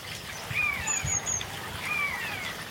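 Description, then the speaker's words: Eurasian Jay mewing call, two thin drawn-out whistled mews a little over a second apart, over faint outdoor background noise. Recorded in a garden in Stampersgat; a jay flying overhead mewed in flight, imitating a common buzzard's mewing call, which can keep other birds away. "toen ik omhoog keek, zag ik een gaai overvliegen die tijdens de vlucht aan het mauwen was."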